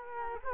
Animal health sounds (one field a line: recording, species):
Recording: mosquito wingbeat signal from an infrared sensor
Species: Culex quinquefasciatus